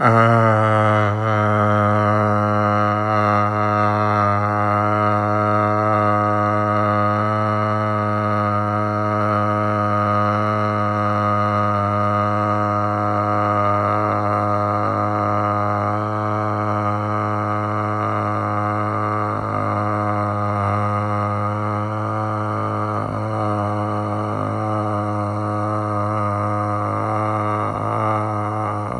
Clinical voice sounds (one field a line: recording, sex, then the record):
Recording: sustained vowel /a/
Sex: male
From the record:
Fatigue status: no fatigue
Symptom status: asymptomatic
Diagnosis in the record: COVID-19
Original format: m4a